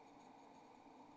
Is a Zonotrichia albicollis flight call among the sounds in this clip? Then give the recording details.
no. No flight call is heard. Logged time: 23:04 on 27 November 2014